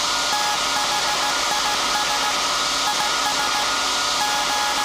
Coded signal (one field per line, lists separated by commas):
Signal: Morse code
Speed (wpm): 16 wpm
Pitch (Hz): 840 Hz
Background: none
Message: THIS IS G